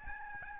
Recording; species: mosquito wingbeat signal from an infrared sensor; Aedes albopictus